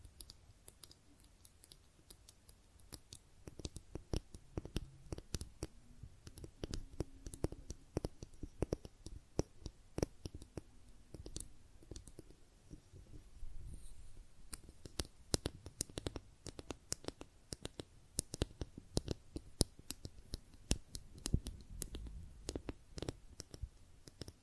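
Makeup tapping and scratching make a dense, irregular run of sharp clicks and taps with soft rustly scratches and a faint low hum between.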